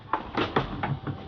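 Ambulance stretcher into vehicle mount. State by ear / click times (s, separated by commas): not seated / none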